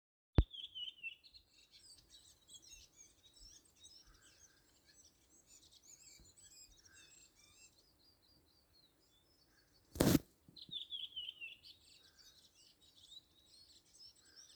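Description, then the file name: Bird chirps and twitters, high and thin, in quick varied bursts through most of the recording, with a sharp click near the start and a loud knock later. "hvilken fugl"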